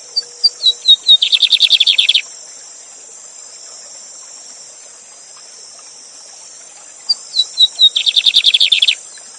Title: Novo Canto de Bigodinho. Bigode Gavião negro professor de canto cantando ao vivo com cascata!